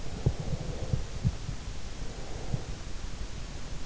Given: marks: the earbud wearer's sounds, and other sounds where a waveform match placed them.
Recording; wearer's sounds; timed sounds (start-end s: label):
sounds in sleep by an in-ear microphone; breath
0.00-3.10 s: breath